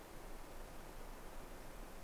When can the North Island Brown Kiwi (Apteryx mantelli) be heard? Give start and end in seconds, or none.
none